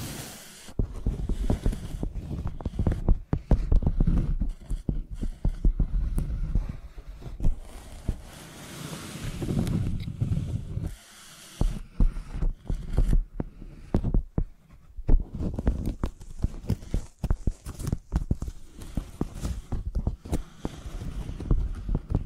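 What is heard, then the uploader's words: Microphones are rubbed and tapped like pencils in a dense, uneven stream of scratches, clicks and deep thudding rumbles. A rushing swell builds around nine seconds, with short near-silent breaks near eleven and fifteen seconds. No voice is heard. ASMR Using Mics as Pencils (No Talking).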